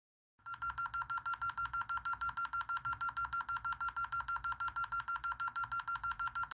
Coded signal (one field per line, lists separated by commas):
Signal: none